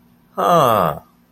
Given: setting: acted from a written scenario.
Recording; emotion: vocal sound without words; realization